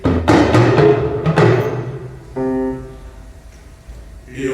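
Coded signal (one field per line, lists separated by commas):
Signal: talking drum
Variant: Yoruba dùndún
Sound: resonant drum strokes with gliding pitch, about six hits, then a sustained humming tone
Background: sustained harmonic tone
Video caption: Supplication is important, good character even more. (Speaks in foreign language) (Talking Drum music)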